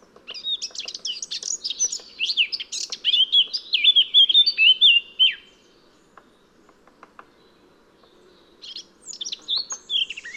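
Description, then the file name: Eurasian blackcap song with a dense scratchy warble giving way to bright whistled notes, silence, then a softer warbling phrase begins. "Sylvia atricapilla"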